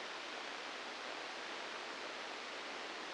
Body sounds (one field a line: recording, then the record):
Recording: brain microelectrode recording played as sound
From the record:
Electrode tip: inside the subthalamic nucleus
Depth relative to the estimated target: 4 mm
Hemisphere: left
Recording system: NeuroSet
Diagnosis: Parkinson's disease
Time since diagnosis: 10 years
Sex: male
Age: 63 years